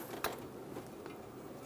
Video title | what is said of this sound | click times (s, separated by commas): How to Replace Spark Plugs 1988-1999 GMC K1500 5.7L V8 | push it onto the spark plug you'll hear a small click or you'll feel it | 0.2 s